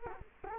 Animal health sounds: mosquito wingbeat signal from an infrared sensor; Culex quinquefasciatus

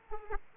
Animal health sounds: mosquito wingbeat signal from an infrared sensor; Aedes aegypti

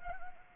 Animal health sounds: mosquito wingbeat signal from an infrared sensor; Anopheles gambiae

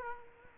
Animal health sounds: mosquito wingbeat signal from an infrared sensor; Culex quinquefasciatus

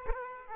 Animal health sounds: mosquito wingbeat signal from an infrared sensor; Aedes aegypti

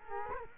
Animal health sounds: mosquito wingbeat signal from an infrared sensor; Culex quinquefasciatus

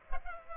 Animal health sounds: mosquito wingbeat signal from an infrared sensor; Culex pipiens

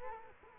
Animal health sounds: mosquito wingbeat signal from an infrared sensor; Culex quinquefasciatus

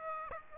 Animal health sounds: mosquito wingbeat signal from an infrared sensor; Aedes aegypti

